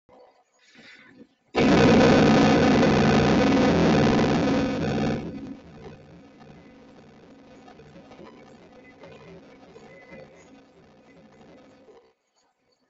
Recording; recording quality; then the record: sustained vowel as in made; moderate, slight background noise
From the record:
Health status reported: healthy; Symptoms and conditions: none ticked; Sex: male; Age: 27 years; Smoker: not ticked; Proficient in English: yes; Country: India